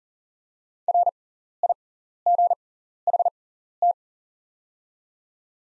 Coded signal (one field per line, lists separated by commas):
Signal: Morse code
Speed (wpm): 40 wpm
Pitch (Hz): 700 Hz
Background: none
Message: RIGHT